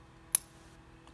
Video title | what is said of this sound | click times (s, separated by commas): Perfect Lipsticks by LimeLife for everyone. Sheer & Buildable | that hear that click when it falls I love that alright | 0.3 s